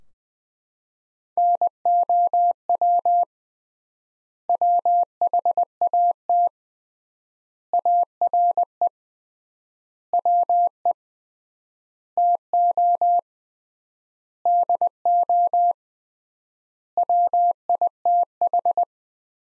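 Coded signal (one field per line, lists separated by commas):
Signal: Morse code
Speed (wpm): 20 wpm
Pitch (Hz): 700 Hz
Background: none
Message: NOW WHAT ARE WE TO DO WITH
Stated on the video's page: Morse practice sentences built from the top 100 words, sent at 20 wpm with 3x standard word spacing, a word-level analogue of Farnsworth.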